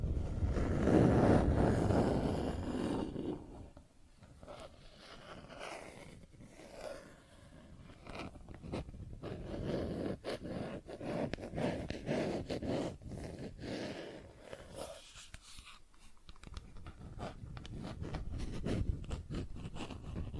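Plastic objects are tapped and scratched in an irregular, busy stream of clicks and scrapes. A louder, denser rubbing fills the first three seconds, then sharp taps and short scratches continue unevenly, with brief quieter gaps near 4 and 15 seconds.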